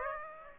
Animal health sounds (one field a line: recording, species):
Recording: mosquito wingbeat signal from an infrared sensor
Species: Aedes aegypti